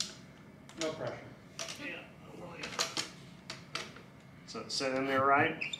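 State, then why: Not seated. A camera's quick-release mounting plate is handled around a latch mount with a red release button while someone talks, with a few short knocks and taps of handling. Nothing has seated or clicked yet; the plate is not yet home in the mount.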